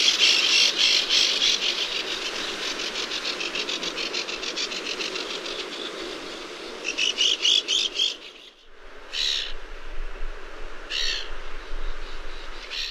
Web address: Songs of Birds of North America Stokes. Least Auklet